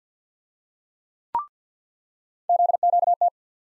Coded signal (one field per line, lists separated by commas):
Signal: Morse code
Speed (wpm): 50 wpm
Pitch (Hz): 700 Hz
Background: none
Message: ZQT